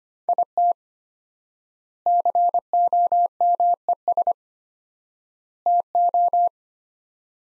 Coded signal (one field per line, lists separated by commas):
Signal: Morse code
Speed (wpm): 25 wpm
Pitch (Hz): 700 Hz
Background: none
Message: IT COMES TO